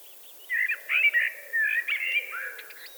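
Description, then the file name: Eurasian blackbird giving a full, mellow warbled phrase of fluty notes in quick succession, trailing into a few thin high sounds. "Turdus merula"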